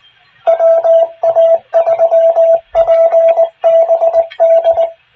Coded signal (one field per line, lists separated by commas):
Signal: Morse code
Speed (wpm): 19 wpm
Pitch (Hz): 660 Hz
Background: radio noise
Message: WA3PBD